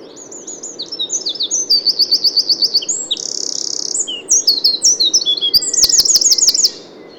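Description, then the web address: Eurasian wren singing an energetic, high-pitched cascade of rapid trills, a buzzy stretch and quick rattles, ending with clicking notes and a sudden stop. "SETE Troglodytes troglodytes"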